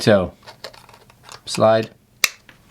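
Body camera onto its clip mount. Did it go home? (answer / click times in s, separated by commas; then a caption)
yes / 2.2 s. A Rexing P1 police body camera is slid down onto its plastic clip mount while someone talks. A sharp snap at 2.2 seconds shows it has seated securely on the mount.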